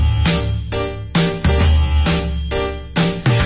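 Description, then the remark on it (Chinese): A doorbell chimes ding-dong repeatedly, its bright, ringing tones struck in quick pairs and left to ring out between strikes. No voices are heard. “门铃声叮叮咚，心扑通跳着。”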